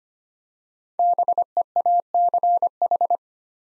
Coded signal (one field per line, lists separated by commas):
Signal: Morse code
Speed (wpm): 25 wpm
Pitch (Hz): 700 Hz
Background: none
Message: BEACH